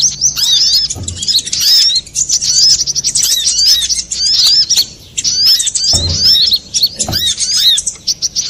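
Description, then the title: Little spiderhunter song of shrill, rising and falling chirps delivered almost nonstop, punctuated by a few dull low thumps. Used to train cage birds; Indonesian name sogok ontong, labelled labaik. "Masteran Burung Sogok Ontong Labaik"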